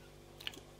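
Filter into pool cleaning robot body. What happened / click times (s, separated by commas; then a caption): The plastic filter clipped into place / 0.4 s, 0.5 s. The plastic filter of an Intex pool-cleaning robot is clipped into its holes in the robot body. Two small clicks are heard at 0.4 s and 0.5 s, the second sharper and louder, over a low steady background. The filter is seated.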